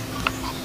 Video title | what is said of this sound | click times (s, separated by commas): CRAFIX เลื่อยไฟฟ้า การประกอบและใช้งาน (Electric Chain Saw CRAFIX) | ครับเวลาใส่เข้าไปมันก็จะเข้าล็อกปึ๊บเลยนะครับ | 0.3 s